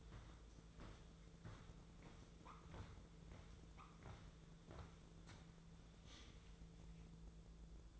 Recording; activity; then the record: daily activity, microphone in the room; walk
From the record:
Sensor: 3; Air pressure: 1005.5 hPa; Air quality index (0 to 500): 94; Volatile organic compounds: 3 ppm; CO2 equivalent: 1467 ppm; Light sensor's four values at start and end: 10/23/10/9 and 10/24/10/9